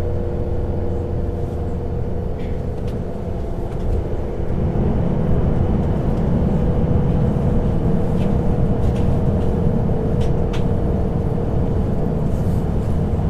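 A night train ride: a steady low rumble of wheels and engine fills the carriage, growing fuller after a few seconds, with faint clicks above.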